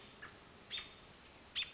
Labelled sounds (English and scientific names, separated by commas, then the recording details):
American Robin (Turdus migratorius)
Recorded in Sonoma County, California